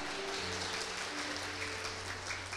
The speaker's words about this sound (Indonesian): Luar biasa, tepuk tangan tuh mereka.